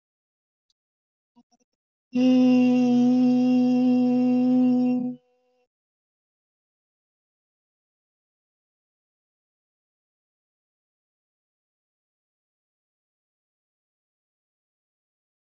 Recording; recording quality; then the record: sustained vowel as in beet; excellent, no background noise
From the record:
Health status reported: healthy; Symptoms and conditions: none ticked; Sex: female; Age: 21 years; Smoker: not ticked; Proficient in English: yes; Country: India